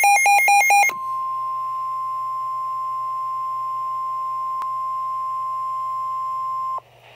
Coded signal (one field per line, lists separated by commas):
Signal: Emergency Alert System (SAME) tones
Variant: 1050 Hz attention tone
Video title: Real EAS Alert #33 - Severe Thunderstorm Warning (5/17/2018)